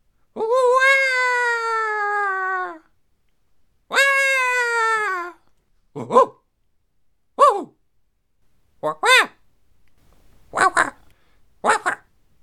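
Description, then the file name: Monkey calls: two long, drawn-out wailing notes that fall slightly in pitch, followed by a series of short, sharp yelps. "Monkey"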